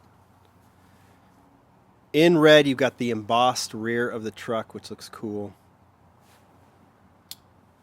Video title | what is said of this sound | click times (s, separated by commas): Lamley Double Unboxing: Matchbox 2020 Moving Parts G & H Cases! | there's a nice click now it's closed | 7.3 s